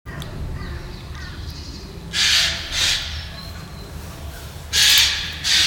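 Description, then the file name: Eurasian jay giving harsh, rasping screeches, two separated calls then a second pair about two and a half seconds later, over steady low background rumble. "Garrulus glandarius"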